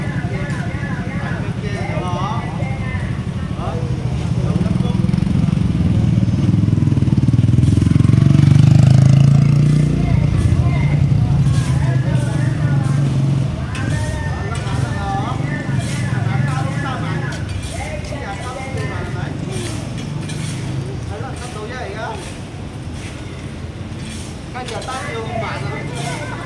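A street soundscape in Kuala Lumpur's Chinese quarter, with voices talking throughout over a steady low traffic rumble. A vehicle swells past around five to eleven seconds, its engine droning loudly before fading. Scattered clicks and short sharp sounds punctuate the chatter.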